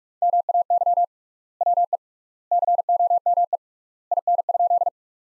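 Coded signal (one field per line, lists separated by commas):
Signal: Morse code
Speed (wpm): 46 wpm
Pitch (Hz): 700 Hz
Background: none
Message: MAY WE COME IN?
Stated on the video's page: Practice sentences built from the top 100 words, sent at 45 wpm with three times standard word spacing, a word-level analogue of Farnsworth spacing.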